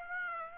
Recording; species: mosquito wingbeat signal from an infrared sensor; Aedes aegypti